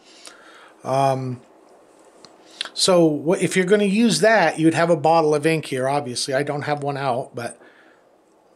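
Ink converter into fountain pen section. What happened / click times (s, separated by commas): Handled, not yet home: the small plastic part has not clicked into place / none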